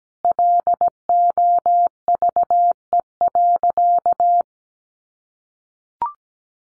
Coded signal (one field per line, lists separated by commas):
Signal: Morse code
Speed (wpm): 17 wpm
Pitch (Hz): 700 Hz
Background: none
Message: LOVE.